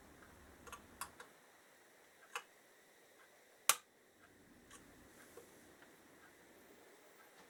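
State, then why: Released. On a 1977 Kawasaki KZ650/Z650 B1 motorcycle engine during timing set-up, the cam chain tensioner lock nut is loosened slightly, and the tensioner releases with a sharp click at 3.7 s. Several smaller taps and ticks come before and after it, and some ratchet or tool noise may be mixed in.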